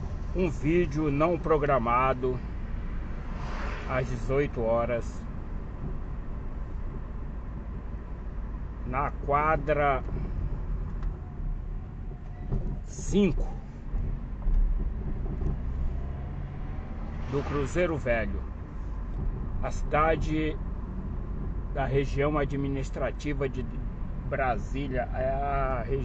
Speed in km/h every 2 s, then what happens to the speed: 32, 33, 33, 31, 29, 24, 18, 27, 31, 31, 29, 28, 29.
0-8 steady at about 32. 8-11 brakes to 18. 11-16 speeds up to 31. 16-26 steady at about 29.